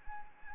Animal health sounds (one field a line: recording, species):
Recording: mosquito wingbeat signal from an infrared sensor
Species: Anopheles arabiensis